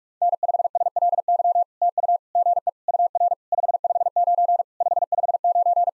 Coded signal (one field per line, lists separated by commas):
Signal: Morse code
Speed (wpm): 44 wpm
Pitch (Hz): 700 Hz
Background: none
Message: N5SLY TU GE UR 559 559